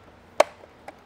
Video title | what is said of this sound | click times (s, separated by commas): Unboxing & Review: WHILL Ri Scooter - IPX5 Rated! | and then it kind of snaps into place | 0.4 s